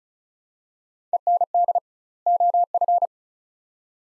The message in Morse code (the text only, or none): END OF